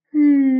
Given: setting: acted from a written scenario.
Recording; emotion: vocal sound without words; adoration